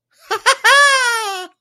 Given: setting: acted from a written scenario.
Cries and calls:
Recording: vocal sound without words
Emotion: elation

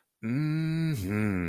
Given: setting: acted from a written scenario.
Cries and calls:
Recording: vocal sound without words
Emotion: desire

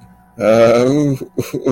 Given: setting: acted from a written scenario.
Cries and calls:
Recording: vocal sound without words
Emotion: embarrassment

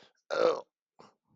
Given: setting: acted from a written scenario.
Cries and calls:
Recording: vocal sound without words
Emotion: pain

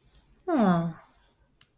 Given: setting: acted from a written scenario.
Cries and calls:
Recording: vocal sound without words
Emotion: disappointment

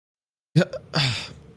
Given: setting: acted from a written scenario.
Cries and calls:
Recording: vocal sound without words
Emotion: contempt

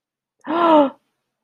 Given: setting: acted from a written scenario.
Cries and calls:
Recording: vocal sound without words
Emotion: fear

